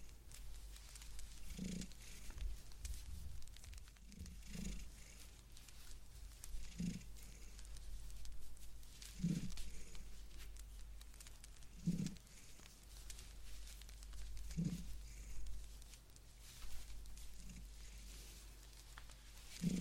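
Blanket knitting with soft, faint clicks and rustles scattered throughout. Short, low muffled thumps recur about every two to three seconds in a fairly steady rhythm, over a constant low hum and a light hiss.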